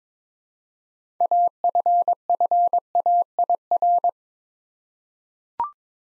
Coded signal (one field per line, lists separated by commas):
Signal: Morse code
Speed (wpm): 22 wpm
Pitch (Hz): 700 Hz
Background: none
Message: AFFAIR